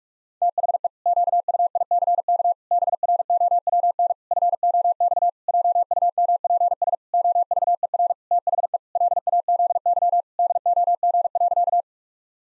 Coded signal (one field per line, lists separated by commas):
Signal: Morse code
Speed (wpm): 46 wpm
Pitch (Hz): 700 Hz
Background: none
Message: THE QUICK BROWN FOX JUMPS OVER THE LAZY DOG.